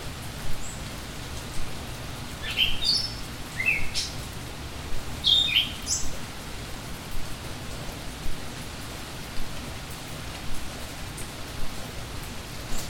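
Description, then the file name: Bird calls: a few short, high, sharp chirps and squeaks in brief clusters, heard over steady hissing rain. "Bird in Rain-Mike Koenig"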